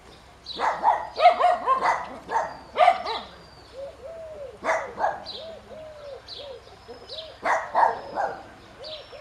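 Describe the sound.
Bird calls, bursts of loud harsh notes and repeated arching whistles.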